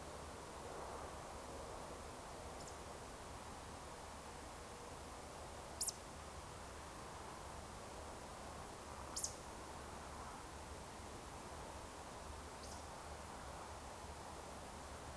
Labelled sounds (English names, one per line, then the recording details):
Eurasian Woodcock
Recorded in Baden-Württemberg, Germany, on 30 June 2020 at 20:31 UTC
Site 43791, 788 m above sea level